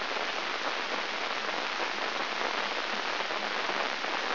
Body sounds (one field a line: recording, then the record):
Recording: brain microelectrode recording played as sound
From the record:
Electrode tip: inside the subthalamic nucleus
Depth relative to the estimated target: -1.5 mm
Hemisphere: left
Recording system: AlphaMap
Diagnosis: Parkinson's disease